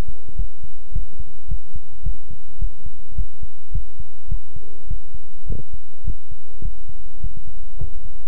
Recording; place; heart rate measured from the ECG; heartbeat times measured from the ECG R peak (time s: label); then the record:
heart sounds by stethoscope; between the tricuspid and mitral areas; 105 bpm
0.36 s: heartbeat
0.92 s: heartbeat
1.48 s: heartbeat
2.03 s: heartbeat
2.58 s: heartbeat
3.15 s: heartbeat
3.72 s: heartbeat
4.28 s: heartbeat
4.87 s: heartbeat
5.46 s: heartbeat
6.04 s: heartbeat
6.61 s: heartbeat
7.20 s: heartbeat
7.77 s: heartbeat
From the record:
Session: pedaling a stationary bicycle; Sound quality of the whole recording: good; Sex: male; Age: 24 years